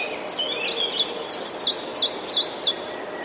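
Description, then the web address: Common chiffchaff song: crisp, downward-slurred high notes repeated at an even pace, with a few softer twittering notes from another bird at the start. Recorded 11 April 2019, alongside other passerine birds. "wroblowe kontra pierwiosnek 11 04 2019"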